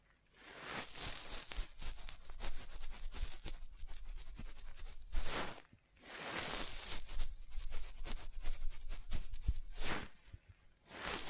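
Scratching and tapping sounds run in dense, irregular bursts, with sharp bright clicks scattered through a hissy scraping texture. The activity comes in two long stretches, from about 1 to 5 seconds and 6 to 10 seconds, with brief quiet gaps around 5.5 and 10.5 seconds.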